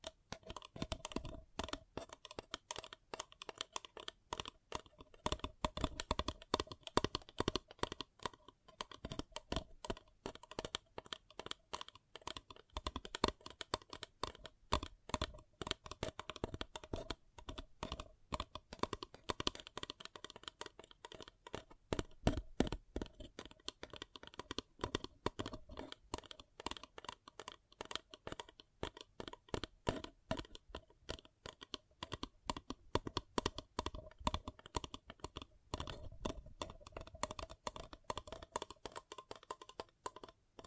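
Paper cup tingles: rapid fingernail tapping and scratching on a paper cup, a dense, continuous stream of crisp clicks through the whole 41 seconds. The taps come quickly and fairly evenly, bright and dry, with brief sparser moments and a few louder bursts scattered throughout.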